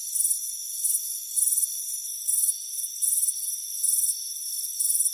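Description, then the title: Crickets chirping: high, pulsed chirps repeated over a steady high-pitched insect drone. "Soothing Crickets Chirping Sound"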